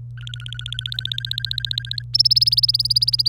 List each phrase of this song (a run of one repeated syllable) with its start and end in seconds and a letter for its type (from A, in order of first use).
0.17-2.02 A, 2.13-3.28 B